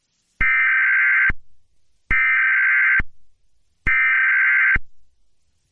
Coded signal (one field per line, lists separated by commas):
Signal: Emergency Alert System (SAME) tones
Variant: header bursts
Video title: EAS Scenario #3: The Intruder